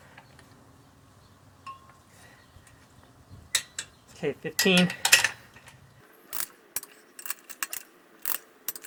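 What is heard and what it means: A torque wrench set to 15 tightens the cylinder head nuts in a crisscross pattern on an air-cooled Type 4 engine with 96 mm big bore pistons. Sharp clicks at 3.5 s and 3.8 s mark the wrench reaching its setting, followed by more metallic clinks and taps. Someone talks briefly.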